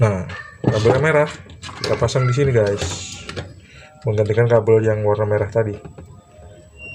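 A red wire's crimped terminal is being handled at its connection point inside a Bolde Super Cook Less Sugar rice cooker that is totally dead, replacing the old red wire. Someone talks throughout, and a brief sharp handling sound comes at about 3.3 s. Nothing has seated or clicked yet.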